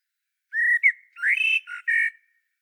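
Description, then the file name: Common blackbird singing one continuous phrase of mellow whistles, a rising fluted note followed by a few warbled, slightly buzzy notes. "Turdus merula"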